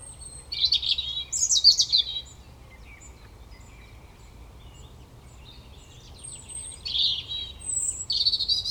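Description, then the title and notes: European robin song in two bursts: bright whistles and trilled notes, a long quiet gap, then more high, sweet phrases with a thin, sustained whistle. Koniówka, Lesser Poland, Poland; Zoom F3 recorder with Usi Pro drop rig. "Koniówka, województwo małopolskie, Polska - Robin, King of the Petland. Recordist: Maciej Wirmański"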